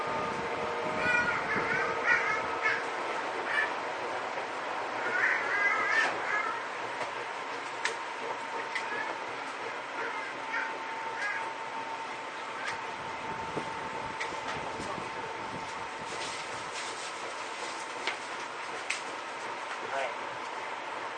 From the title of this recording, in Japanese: 西武旧2000系 西武新宿〜本川越